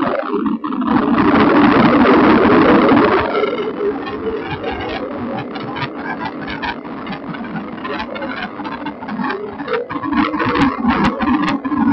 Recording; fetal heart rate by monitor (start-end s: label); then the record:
fetal heart sounds by stethoscope on the mother's abdomen
0.00-10.00 s: 140 bpm
From the record:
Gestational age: 39 weeks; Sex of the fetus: boy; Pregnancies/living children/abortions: 1/0/0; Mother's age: 22 years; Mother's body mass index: 34.0